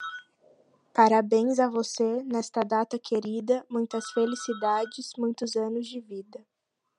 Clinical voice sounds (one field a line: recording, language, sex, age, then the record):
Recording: short text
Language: Brazilian Portuguese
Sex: female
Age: 20 to 29 years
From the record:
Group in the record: control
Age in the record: 21 years